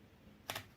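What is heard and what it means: A 10 A plug is pushed into a 10 A multi-outlet adapter, fitting snugly with no play. After a quiet lead-in, a single sharp click at 0.5 s marks the plug seating fully in the adapter, followed by a brief faint rattle.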